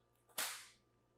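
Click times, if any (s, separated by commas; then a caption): 0.4 s. A sign-hanging clip is lowered onto its wall-mounted bracket and snaps into place with a single sharp, bright click at 0.4 s, preceded by a faint tap and trailing off over about half a second. The clip seats and secures the sign to the wall.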